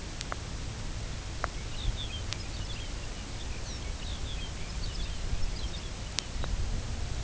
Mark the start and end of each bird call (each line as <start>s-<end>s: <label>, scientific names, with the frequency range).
1.65s-6.54s: Calcarius lapponicus (2.0-6.5 kHz)